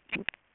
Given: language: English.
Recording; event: throat vibration sensor signal played as sound; swallow